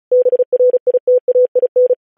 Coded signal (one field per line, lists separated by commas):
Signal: Morse code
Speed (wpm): 36 wpm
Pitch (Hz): 500 Hz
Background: none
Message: BRITAIN